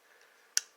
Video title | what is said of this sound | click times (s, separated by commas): Taran Tactical Grand Master kit installation Glock 43x | it should just go in pops right in your click | 0.6 s